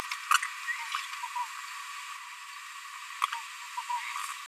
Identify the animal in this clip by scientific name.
Forpus passerinus